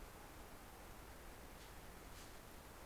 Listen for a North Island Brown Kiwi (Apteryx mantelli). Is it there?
no